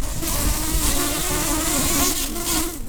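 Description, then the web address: Common carder bee buzzing, a steady low hum that wavers slightly in pitch and runs throughout. Queens. "bumblebees Pascuorum-queens"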